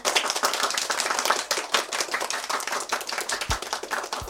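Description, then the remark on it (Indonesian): A group of children clapping their hands together after playing a chain-whisper game, a dense, steady patter of many quick overlapping claps that continues for several seconds with no talking. “Tepuk tangan semuanya!”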